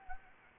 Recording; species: mosquito wingbeat signal from an infrared sensor; Anopheles gambiae